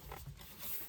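A plastic dash trim panel around a reinstalled car radio is handled against the car dashboard, with the pins on its back being lined up before it is pressed in. Only soft rustling and scraping handling sounds are heard. Nothing has seated or clicked into place yet.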